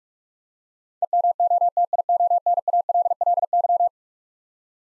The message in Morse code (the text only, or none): EMOTIONALLY